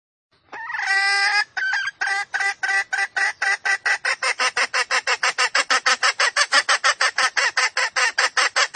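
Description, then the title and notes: Junglefowl call starting with a long wavering note, then a steady run of rapid harsh clucks. Female junglefowl calls used as a lure to attract junglefowl. "Pancingan Ayam Hutan Betina. Suara Ayam Hutan Betina. Pemikat Ayam Hutan"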